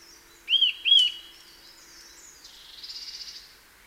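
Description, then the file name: Eurasian nuthatch giving two loud, clear arched notes, then a faint, quick trill of fast repeated notes. "Sitta europaea"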